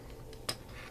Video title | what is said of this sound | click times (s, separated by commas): Transformers review generations Scoop | You can see it doesn't latch in very well, | 0.5 s